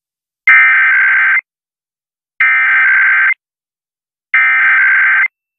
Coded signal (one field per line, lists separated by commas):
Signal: Emergency Alert System (SAME) tones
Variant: header bursts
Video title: Early Primetime Air1 Weekly (EAS #14847) 1/24/24